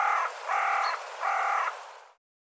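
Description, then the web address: Bird uttering three hoarse, evenly spaced caws, fading out after the last. "cianscape birddata Deverinetal 2025 File cleaned normalized Bird"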